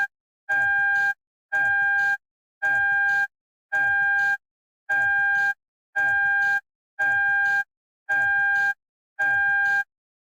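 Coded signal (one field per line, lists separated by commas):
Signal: alarm pattern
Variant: Toyota car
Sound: steady repeating electronic beeps, about one per second, nine in all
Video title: Toyota car seatbelt beep sound effect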